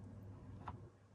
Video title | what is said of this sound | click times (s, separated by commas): 4X4 CAMPER - To the wire! | and then that just locks in place, and that'll retain it. | 0.7 s